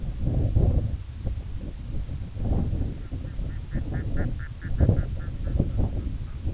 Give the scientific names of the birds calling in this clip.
Gavia stellata